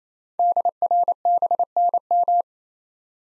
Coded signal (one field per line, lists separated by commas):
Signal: Morse code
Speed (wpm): 28 wpm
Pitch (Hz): 700 Hz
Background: none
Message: DRBNM